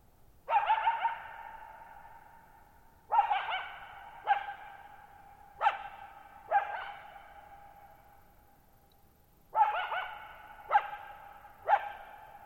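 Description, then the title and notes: Coyote uttering a series of abrupt barks and yelps, about eight calls in irregular clusters, each trailing off in a long reverberant ring. Lone wild coyote at night, July 14, 2019, Thirtymile Meadows, Okanogan National Forest, Okanogan High Country, Pacific Northwest; shallow-bowl meadow at 6400 ft on dry high plateau, very quiet, long natural reverberation. "Lone Coyote at Thirtymile Meadows. I spent the night of July 14, 2019, camped near Thirtymile Meadows in the Okanogan National Forest at 6400 ft (1950 m)"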